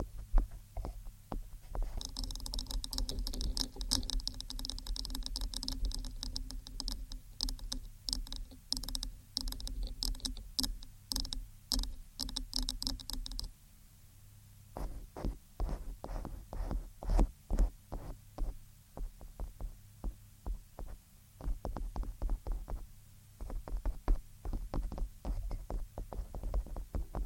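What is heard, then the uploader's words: Dense, rapid tapping fills the clip, with quick clicky strikes over a low, steady hum. Until about 13 seconds a bright, hissy layer rides along with the taps. After that the tapping turns drier and more separate, with brief pauses between clusters. ASMR Helping You Fall Asleep Relaxing TappingTriggers.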